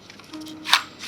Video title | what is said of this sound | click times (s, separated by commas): GKE Patient Tracing Video 11 2019 HS | the label facing outwards we just want to push the labels into the gun until it clicks | 0.7 s